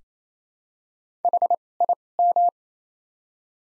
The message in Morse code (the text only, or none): H I M